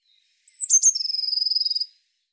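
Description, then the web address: Eurasian blue tit call opening with sharp, high-pitched thin notes, then running into a fast, even, churring trill that holds steady for nearly a second. "cianscape birddata Deverinetal 2025 File cleaned normalized Bird Cy Ca"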